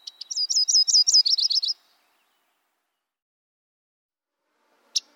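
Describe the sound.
Yellow-rumped Warbler song: a rapid trill of high slurred notes, about a dozen, speeding up and falling slightly at the end, then silence and one short chip.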